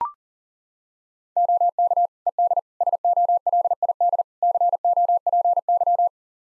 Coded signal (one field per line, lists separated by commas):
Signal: Morse code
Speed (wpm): 37 wpm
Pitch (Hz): 700 Hz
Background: none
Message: OK ED SOLID COPY